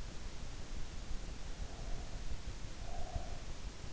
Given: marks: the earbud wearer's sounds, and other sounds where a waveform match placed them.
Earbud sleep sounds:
sounds in sleep by an in-ear microphone; breath
1.60-3.67 s: breath

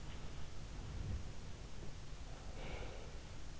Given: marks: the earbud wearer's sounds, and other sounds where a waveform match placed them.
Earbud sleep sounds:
sounds in sleep by an in-ear microphone; breath
2.26-3.04 s: breath

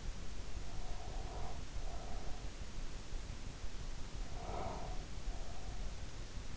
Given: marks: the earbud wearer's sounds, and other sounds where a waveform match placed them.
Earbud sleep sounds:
sounds in sleep by an in-ear microphone; breath
0.62-2.48 s: breath
4.36-5.99 s: breath

